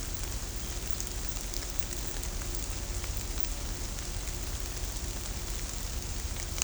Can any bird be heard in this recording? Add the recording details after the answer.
no. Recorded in shrubland near Pivijay, Magdalena, Colombia, on 1 June 2023 at 17:30. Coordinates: 10.453, -74.365. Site P5-G022